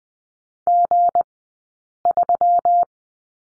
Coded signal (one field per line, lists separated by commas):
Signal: Morse code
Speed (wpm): 20 wpm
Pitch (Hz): 700 Hz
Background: none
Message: G3